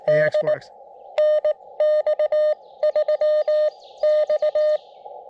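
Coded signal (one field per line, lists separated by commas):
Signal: Morse code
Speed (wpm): 16 wpm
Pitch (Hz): 600 Hz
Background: speech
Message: D NX3X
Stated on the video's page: CW POTA activation at a state forest using an FX-4CR at 5 watts with Emtech ZM-2 tuner, 41-foot random wire and 17-foot counterpoise.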